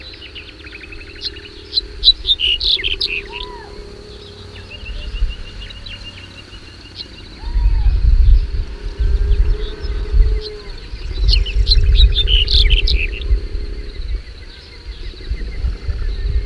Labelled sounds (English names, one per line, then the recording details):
Black-headed Bunting song
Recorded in the wild
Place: Svoboda, Plodiv, BG
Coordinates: 42.395, 24.337
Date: 1974-05-28
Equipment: Nagra III BH, Sennheiser MD 21, parabola
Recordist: Schubert, Michael